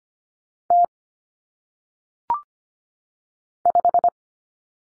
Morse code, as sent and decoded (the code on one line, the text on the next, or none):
- / .....
T 5